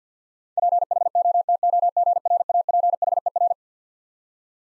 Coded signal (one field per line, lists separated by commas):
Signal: Morse code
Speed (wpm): 50 wpm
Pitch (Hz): 700 Hz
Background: none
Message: PHOTOGRAPHER